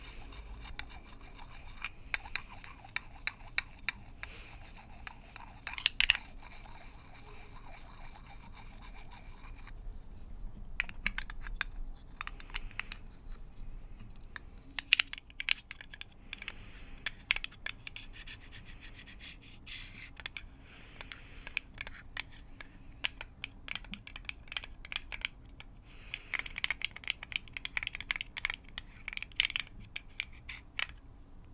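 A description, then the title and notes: Small glass and metal objects clink and rattle in quick, irregular clusters, like bottles of nail polish and marbles being rummaged and gathered. A denser, bright stretch of clattering fills the first ten seconds, then sharper scattered clicks and taps follow over a low steady hum. Mainly glass and metals. Rummaging through a bag of nail polish. Gathering up a handful of marbles.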